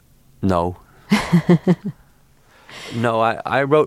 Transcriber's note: laughs